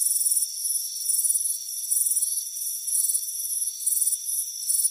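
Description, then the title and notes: Cricket chirps: high, trilled bursts roughly every half second, with a constant thin high whine underneath. Warm afternoon, relaxing in a hammock on a front porch. "Soothing Crickets Chirping Sound. It's a warm afternoon as you relax in a hammock on the front porch. Relax and fall asleep to the soothing sound of chirping crickets. Deep Sleep Sounds"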